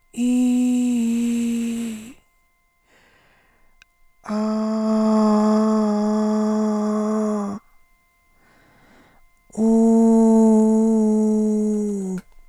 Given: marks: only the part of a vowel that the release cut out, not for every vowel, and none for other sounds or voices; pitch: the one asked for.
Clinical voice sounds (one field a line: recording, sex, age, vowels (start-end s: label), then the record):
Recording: sustained vowels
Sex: female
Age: 50 to 59 years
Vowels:
0.27-1.75 s: vowel /i/, low-high-low pitch
5.51-7.37 s: vowel /a/, low-high-low pitch
10.65-11.73 s: vowel /u/, low-high-low pitch
From the record:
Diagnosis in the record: central laryngeal movement disorder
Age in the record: 52 years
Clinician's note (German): Verdacht auf zentrallaryngale Bewegungsstörung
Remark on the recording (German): NSP-Datei piepst ein wenig (außer bei im, am , um).